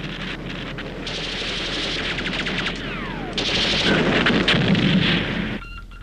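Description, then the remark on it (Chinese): Battle sounds of an enemy attack on the Tashan position under aircraft cover: rapid bursts of gunfire and heavy artillery booms over a constant rumbling din, a falling whistle sweeping down partway through, growing louder before easing off at the end. “敌军在飞机的掩护之下向我塔山阵地发起进攻”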